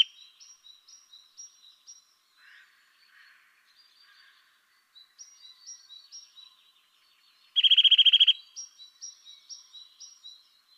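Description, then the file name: Eurasian nuthatch calling: rapid runs of short, high piping notes, broken later by a brief loud buzzing sound. "Sitta europaea"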